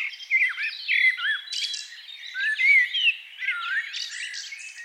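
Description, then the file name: Eurasian blackbird warbling, mellow looping whistles and quick slurred notes in bursts. "Turdus merula"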